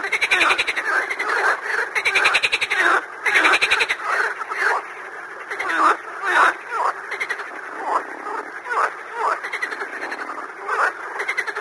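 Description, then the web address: Frog chorus of rasping croaks, loud bursts every few seconds over a steady background of quieter croaking. "дикие лягушка"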